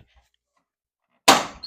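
A plastic cover clipped over the bottom screws of a Maytag dryer's sheet-metal front panel is gripped firmly and pulled until it pops free. After near silence, a sharp, loud, bright pop at 1.3 s rings briefly and fades, followed by a smaller rattle around 1.6 s. The cover comes out, released from the panel.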